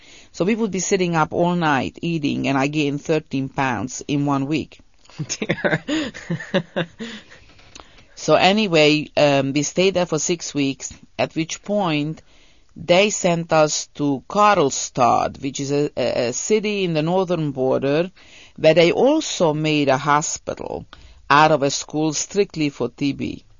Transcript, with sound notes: So we would be sitting up all night eating, and I gained thirteen pounds in one week.
Oh, dear. ( he laughs )
So anyway, we stayed there for six weeks, at which point they sent us to Karlstad, which is a city in the northern border where they also made a hospital out of a school strictly for T.B.